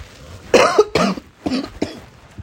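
Adult woman. Dry cough, present for more than two weeks.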